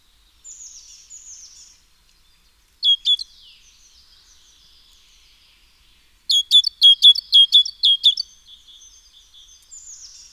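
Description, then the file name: Great tit calls: two bursts of sharp, repeated chirping notes, the first under a second and the second about two seconds, with faint high twittering before and after. "Parus major"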